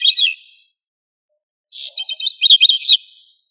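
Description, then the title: Thrush song: the tail of a high warbled phrase, a pause, then a longer phrase of quick, rising and falling whistled notes. Family Turdidae. "Familia Turdidae - Sabia"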